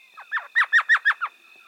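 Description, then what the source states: Elf owl giving a quick run of about seven yelping, puppy-like notes in a chattering series, over a faint steady tone. Elf owl of the southwestern deserts of North America, a diminutive owl weighing less than 2 ounces.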